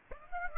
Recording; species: mosquito wingbeat signal from an infrared sensor; Aedes aegypti